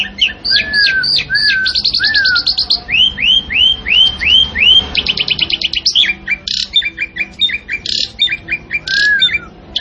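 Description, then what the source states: Asian pied starling song of rapid chattering trills, a series of rising whistled notes, and sharp clicks and chirps. Singing actively (gacor).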